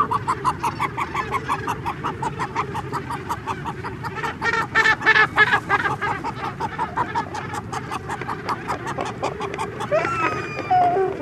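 Cape gannets giving rapid, grating repeated calls, many birds together in a dense, continuous din.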